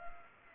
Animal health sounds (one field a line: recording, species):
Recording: mosquito wingbeat signal from an infrared sensor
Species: Culex pipiens